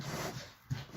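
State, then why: Not seated. A plastic and metal Blum drawer-slide locking clip is handled against the underside of a wooden drawer, producing low rustling handling noise, a soft thump around 0.7 s and a brief sharp tick right at the end near 1.0 s. The clip has not snapped on or seated yet.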